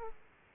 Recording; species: mosquito wingbeat signal from an infrared sensor; Aedes aegypti